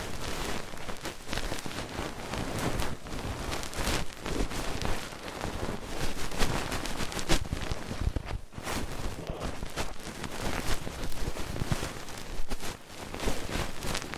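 Ear cleaning sounds: a dense, continuous scratching and rustling with constant crackly detail across the whole 14 seconds. Short louder scrapes come every second or so, with brief quieter gaps near 8 and 12 seconds before the rubbing resumes.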